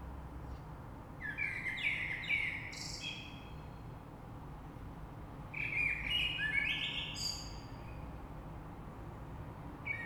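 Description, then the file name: Common blackbird song: two rich, fluted phrases about four seconds apart, each closing with high, squeaky twittering notes, then the start of a third. Recorded 3 March 2020. "Rush Merle"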